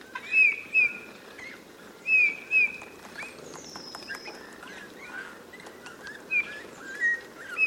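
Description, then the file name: Eurasian bullfinch piping soft, slightly falling whistles, two pairs, then three more after a long gap, while other birds call faintly in the background. "Pyrrhula pyrrhula"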